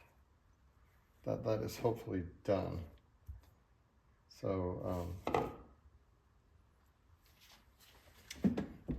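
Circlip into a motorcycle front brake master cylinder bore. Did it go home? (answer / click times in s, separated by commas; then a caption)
yes / 8.3 s. A metal circlip (snap ring) is pressed into the groove of a rebuilt front brake master cylinder bore on a BMW R100S motorcycle to retain the piston. Someone talks, then a short sharp click is heard at 8.3 s with a couple of faint follow-on ticks. The circlip has seated in its groove at the back end.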